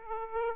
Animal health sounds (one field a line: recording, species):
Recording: mosquito wingbeat signal from an infrared sensor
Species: Aedes aegypti